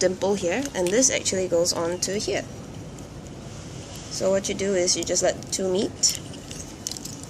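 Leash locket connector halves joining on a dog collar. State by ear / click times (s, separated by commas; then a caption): not seated / none. Someone talks while handling the two halves of a Leash Locket retractable leash connector on a dog collar, bringing them together, with small metallic jangling like keys or a carabiner. Brief sharp ticks come near the end as the halves meet, but nothing has seated or clicked yet.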